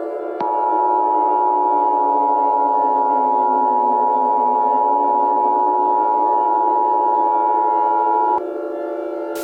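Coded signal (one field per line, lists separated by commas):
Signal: Emergency Alert System (SAME) tones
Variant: 853 and 960 Hz attention tone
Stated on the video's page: Fictional EAS scenario about an invented spreading bacteria, not a real alert.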